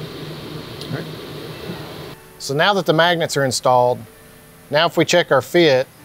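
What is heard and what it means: A removable tool setter mounting plate with installed magnets is handled over its machined magnetic base plate on a CNC table. There is a low steady hum, a brief knock near 0.8 s, and then someone talks. Nothing has seated or clicked yet.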